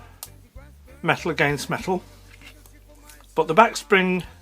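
A steel blade of a simple folding knife with no washers is worked by hand, steel against steel, in its handle held by the back spring, while someone talks. Faint metallic ticks and a short sharp transient near the start sit under the speech. Nothing has seated or clicked yet; the blade has not snapped into place on the back spring.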